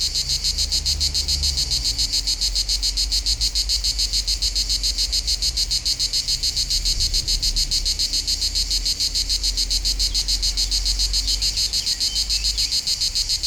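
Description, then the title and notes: Cicadas singing in a loud, rhythmic buzzing chorus of rapid regular pulses, with a faint low rumble underneath. Local cicadas in full activity on a hot summer day at the foot of the Molard de Vions, Vions, France. "39 Rue De BOVERON, 73310 Vions, France - Rythmique des cigales. Par une chaude journée d'été les cigales locales sont en pleine activité au pied du Molard de Vions"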